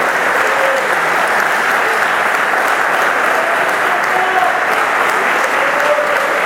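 Sustained audience applause, a dense, steady wash of many hands clapping at an even loudness for several seconds, with a few faint voices and cheers rising briefly through it.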